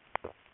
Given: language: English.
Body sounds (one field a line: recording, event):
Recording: throat vibration sensor signal played as sound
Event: swallow